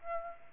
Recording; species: mosquito wingbeat signal from an infrared sensor; Aedes aegypti